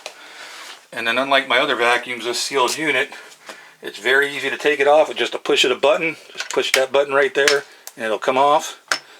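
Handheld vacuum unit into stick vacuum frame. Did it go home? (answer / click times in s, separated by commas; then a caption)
no / none. Someone talks while handling a Shark Rocket MV481 stick vacuum, whose sealed plastic handheld unit comes off the vacuum wand and frame at the push of a release button. A brief sharp sound occurs near 0.1 s, then speech fills the rest of the clip. Nothing has seated or clicked back into place yet.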